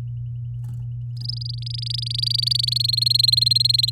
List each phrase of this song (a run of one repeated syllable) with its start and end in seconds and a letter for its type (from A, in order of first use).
1.17-2.78 A, 2.80-3.90 B